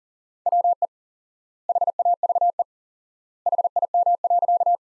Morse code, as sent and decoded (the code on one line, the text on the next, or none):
.-- . / .... .- ...- . / .... .. -- .-.-.-
WE HAVE HIM.